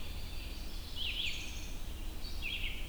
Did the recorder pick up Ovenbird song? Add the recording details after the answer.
no. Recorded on 22 June 2016 at 05:25. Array SBT-6-76